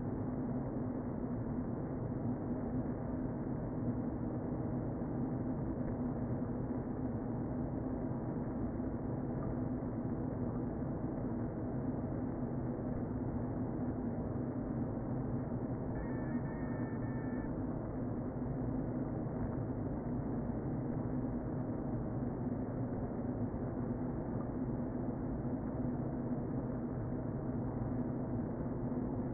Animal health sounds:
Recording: honeybee colony, microphone inside the hive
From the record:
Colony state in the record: queen present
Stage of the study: before two queens were removed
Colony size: about 60,000 bees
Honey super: yes

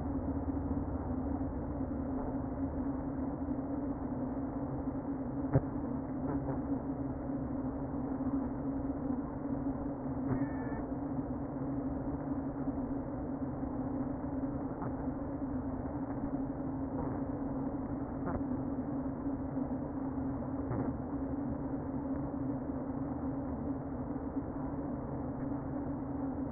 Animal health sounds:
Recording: honeybee colony, microphone inside the hive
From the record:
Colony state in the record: queen present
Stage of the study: before two queens were removed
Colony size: about 60,000 bees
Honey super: yes

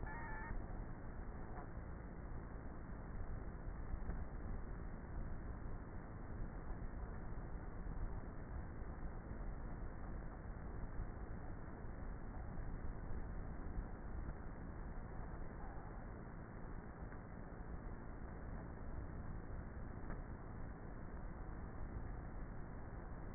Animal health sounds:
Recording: honeybee colony, microphone inside the hive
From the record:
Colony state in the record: queenless with a low population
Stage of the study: before two queens were removed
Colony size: about 30,000 bees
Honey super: no

